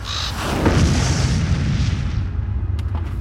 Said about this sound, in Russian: Наступила тишина. Хрупкая, как первый лед на пруду, а потом ударная волна разорвала ее в клочья, сшибив с высот на землю птицу-мутанта, возможно, ворона.